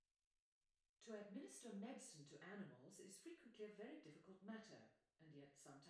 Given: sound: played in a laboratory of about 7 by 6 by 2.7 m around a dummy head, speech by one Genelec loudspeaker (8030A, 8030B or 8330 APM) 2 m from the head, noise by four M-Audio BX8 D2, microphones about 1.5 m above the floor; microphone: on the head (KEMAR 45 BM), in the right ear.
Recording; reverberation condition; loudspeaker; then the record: female speech in English; medium; 60 degrees to the left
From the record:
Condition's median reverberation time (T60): about 510 ms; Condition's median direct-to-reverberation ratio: about -0.5 dB